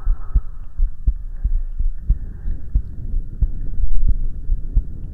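Steady, muffled low thumps repeat evenly at roughly 90 beats a minute, over a soft, deep background rush of breathing that swells slightly midway. This is a regular heartbeat heard close against the chest, as if the listener's head is hugged to it, in an ASMR setting.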